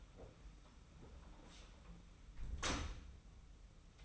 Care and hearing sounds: daily activity, microphone in the room; close door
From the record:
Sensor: 1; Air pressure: 991.6 hPa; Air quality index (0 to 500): 133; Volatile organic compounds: 489 ppm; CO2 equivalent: 4804 ppm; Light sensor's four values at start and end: 37/116/46/47 and 37/117/46/47

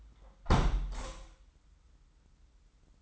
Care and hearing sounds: daily activity, microphone in the room; close window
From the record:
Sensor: 3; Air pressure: 990.4 hPa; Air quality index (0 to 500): 181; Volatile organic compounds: 1000 ppm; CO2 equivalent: 5871 ppm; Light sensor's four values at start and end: 33/78/31/29 and 34/80/32/30

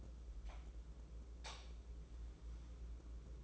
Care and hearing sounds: daily activity, microphone in the room; light on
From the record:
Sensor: 1

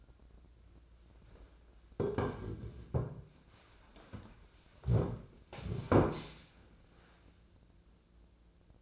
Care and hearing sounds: daily activity, microphone in the room; sit down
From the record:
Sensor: 2

